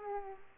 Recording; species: mosquito wingbeat signal from an infrared sensor; Aedes aegypti